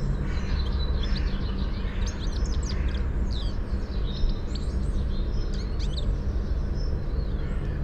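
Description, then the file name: European goldfinch twittering, clusters of quick high chirps coming in bursts, set against a strong steady low rumble. "Carduelis carduelis"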